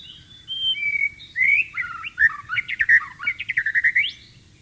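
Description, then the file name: White-rumped shama song: long clear whistles at the start, then a rapid, bubbling sequence of varied notes. "suara burung murai batu di alam liar"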